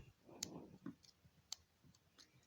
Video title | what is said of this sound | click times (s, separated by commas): DIY replacement lever for the Singer/Studio 360 Knit Radar | I'll hush, you can hear it. Click. | 0.4 s, 1.5 s